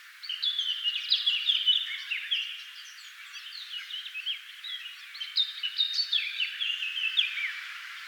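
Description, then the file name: Eurasian blackcap song: a dense, continuous warble of quick varied notes over a steady background hiss. "Sylvia atricapilla"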